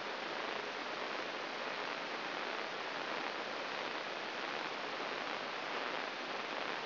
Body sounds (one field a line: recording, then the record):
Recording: brain microelectrode recording played as sound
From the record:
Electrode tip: inside the subthalamic nucleus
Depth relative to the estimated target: 3.5 mm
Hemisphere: right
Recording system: AlphaMap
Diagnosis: Parkinson's disease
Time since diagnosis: 11 years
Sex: male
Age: 66 years